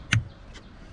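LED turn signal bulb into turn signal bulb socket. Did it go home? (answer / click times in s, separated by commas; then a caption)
yes / 0.1 s. An LED turn signal bulb is pushed into the socket where the stock halogen bulb was on a Chevy Colorado. A sharp snap is heard at 0.1 s, followed by a fainter tick near 0.6 s over quiet background. The bulb snaps into place, seated in the socket.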